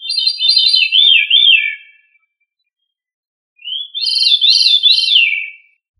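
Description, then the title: Thrush singing two rich, fluting phrases of wavering, looping notes, each about two seconds long, with a short silent pause between them. "Familia Turdidae - Sabia"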